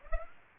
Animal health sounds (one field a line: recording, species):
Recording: mosquito wingbeat signal from an infrared sensor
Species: Aedes aegypti